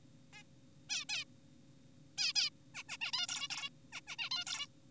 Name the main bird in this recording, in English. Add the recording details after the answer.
Zebra Finch. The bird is an adult. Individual g4p5U